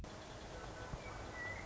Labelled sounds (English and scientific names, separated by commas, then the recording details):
Western Meadowlark (Sturnella neglecta)
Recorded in Sonoma County, California